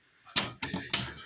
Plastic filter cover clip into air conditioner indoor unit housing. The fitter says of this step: çıt ses geldi ve haliyle kapandı